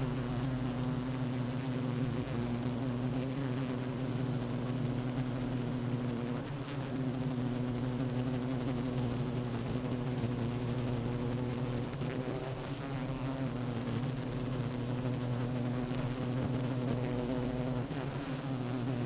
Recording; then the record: honeybee colony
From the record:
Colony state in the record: active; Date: 12 June 2018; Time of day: 9:56